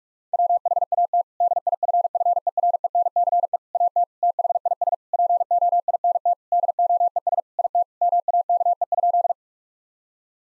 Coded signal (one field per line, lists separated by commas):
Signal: Morse code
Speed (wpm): 41 wpm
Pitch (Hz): 700 Hz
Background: none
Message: WHAT DIFFERENCE AT THIS POINT DOES IT MAKE?